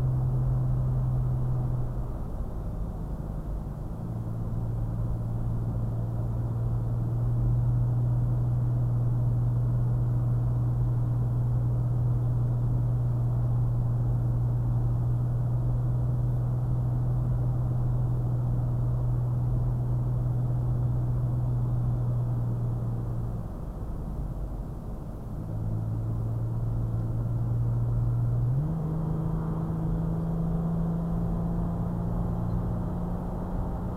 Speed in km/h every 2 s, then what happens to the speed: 66, 61, 60, 60, 60, 61, 61, 63, 61, 68, 66, 61, 61, 58, 60, 64, 68.
0-6 slows to 60. 28-34 speeds up to 68.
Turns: none.